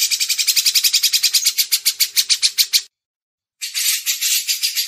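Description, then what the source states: Grey-cheeked bulbul pouring out a long run of rapid buzzy notes, falling silent briefly, then resuming with another fast run. Masteran recording, audio used to tutor caged birds in song.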